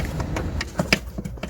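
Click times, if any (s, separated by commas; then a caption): 0.9 s. The double-filament brake light bulb holder is pushed back into the left-hand rear tail light cluster of a Honda Jazz, a plastic part clicking into the housing. Light handling taps come before a sharp, bright click at 0.9 s. The holder is seated in place.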